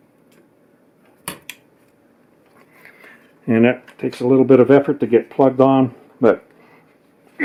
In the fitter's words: don't know because it makes kind of a nice click